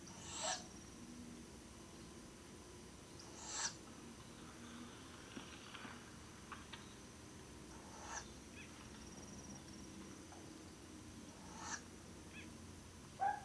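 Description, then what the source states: Hume's owl: short, broad, breathy hiss bursts every few seconds, with faint softer sounds between them. Guarding calls of a female and begging calls of a nestling.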